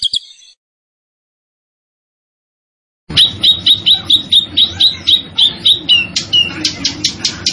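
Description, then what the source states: Zebra finch song: a short high burst, a long silence, then a rapid series of sharp, slurred high notes. Caged songbird known locally as tembakan, singing vigorously (gacor); master recording made for training other cage birds.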